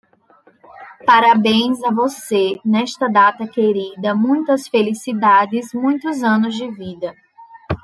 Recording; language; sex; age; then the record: short text; Brazilian Portuguese; female; 30 to 39 years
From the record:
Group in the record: control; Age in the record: 32 years